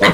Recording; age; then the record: pig call; piglet (1 to 25 days)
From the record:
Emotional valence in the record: positive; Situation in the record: reunion after long isolation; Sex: female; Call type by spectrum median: low-frequency call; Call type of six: low-frequency tonal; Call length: 0.13 s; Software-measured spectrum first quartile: 522 Hz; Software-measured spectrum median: 1177 Hz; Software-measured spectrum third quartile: 2235 Hz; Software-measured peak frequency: 182 Hz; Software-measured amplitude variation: 80 dB a second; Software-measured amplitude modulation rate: 11.2 a second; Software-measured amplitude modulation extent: 7.2 dB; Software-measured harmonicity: 1.2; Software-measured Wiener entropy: -1.38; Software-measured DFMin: 857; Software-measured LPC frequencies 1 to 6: 596, 1143, 1999, 3120, 3901, 6834 Hz